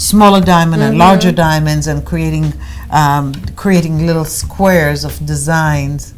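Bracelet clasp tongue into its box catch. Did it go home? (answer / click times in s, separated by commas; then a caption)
no / none. A hinged 18k white gold diamond bracelet is being handled during a live jewelry broadcast, with its clasp tongue not yet in its box catch. Throughout the clip a woman talks, and nothing has seated or clicked yet.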